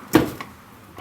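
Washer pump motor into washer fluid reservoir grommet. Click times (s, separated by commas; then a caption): 0.1 s, 0.4 s. A windshield washer pump motor on a Toyota FJ Cruiser is pushed into its rubber grommet in the plastic washer fluid reservoir. It gives a broadband pop at 0.1 s, followed by a sharp, fainter click at 0.4 s. The pump seats in place.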